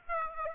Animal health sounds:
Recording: mosquito wingbeat signal from an infrared sensor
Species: Aedes aegypti

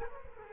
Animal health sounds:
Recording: mosquito wingbeat signal from an infrared sensor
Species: Culex quinquefasciatus

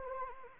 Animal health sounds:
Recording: mosquito wingbeat signal from an infrared sensor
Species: Anopheles arabiensis

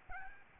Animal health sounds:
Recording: mosquito wingbeat signal from an infrared sensor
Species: Aedes albopictus

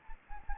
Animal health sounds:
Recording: mosquito wingbeat signal from an infrared sensor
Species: Anopheles gambiae

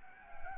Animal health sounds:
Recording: mosquito wingbeat signal from an infrared sensor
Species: Anopheles arabiensis

